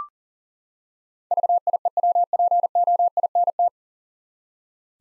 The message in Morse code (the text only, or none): VIEWPOINT